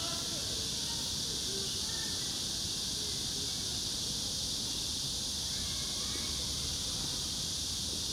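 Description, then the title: Loud, unbroken cicada drone, a dense high-pitched hissing chorus lasting the whole time, with low rumble. Recorded in summer at Yangjae Citizens Forest, Yangjae 2-dong, Seocho-gu, Seoul, South Korea. "대한민국 서울특별시 서초구 양재2동 235-1-Yangjae Citizens Forest, Summer, Cicada"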